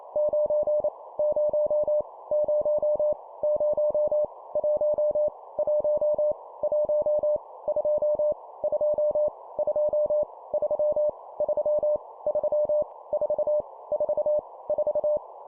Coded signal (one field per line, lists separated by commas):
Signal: Morse code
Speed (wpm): 28 wpm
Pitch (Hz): 600 Hz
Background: none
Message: 9 0 0 0 1 1 1 2 2 2 3 3 3 4 4 4